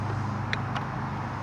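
A white engine wiring harness connector on a Dodge Journey 2.4L engine is unplugged in a driveway: its locking tab is pressed all the way in and the connector is pulled straight up off its mating plug. Over a steady low background hum, a sharp, short click at 0.5 s marks the connector releasing, followed by a fainter tick just after. The connector comes free.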